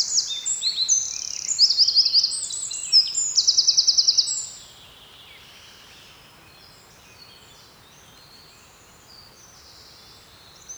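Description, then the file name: Eurasian wren pours out high, rapid notes and two fast trills for about four seconds, followed by quiet background with only faint twitters. "Troglodytes troglodytes"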